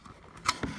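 A USB flash drive that had not gone fully into a set-top box's USB port is pulled out so it can be re-inserted. A sharp mechanical click of removal sounds at 0.5 s, followed by a softer knock around 0.6 s. The drive comes free of the port.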